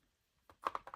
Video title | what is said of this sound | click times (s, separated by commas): Mushroom Dolls 🍄 1/12 BJD Mogo Bloom Series - FULL SET Unboxing and Review! | And to put the eyes back, they just click in place. | 0.7 s